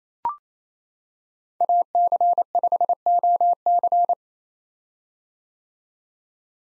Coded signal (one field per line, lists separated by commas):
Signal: Morse code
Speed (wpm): 27 wpm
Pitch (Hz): 700 Hz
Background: none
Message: AC5OC